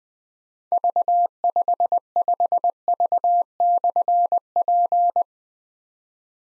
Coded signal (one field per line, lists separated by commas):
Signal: Morse code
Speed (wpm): 20 wpm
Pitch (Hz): 700 Hz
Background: none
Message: V55V/P